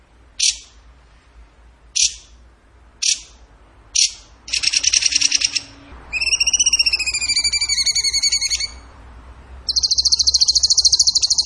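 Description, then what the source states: Bird song: four sharp high notes about a second apart, then a dense buzzy burst, a series of falling whistled harmonic notes, and a fast rattling high trill. Vigorous (gacor) singing in the tembakan (shooting) style, used in masteran training.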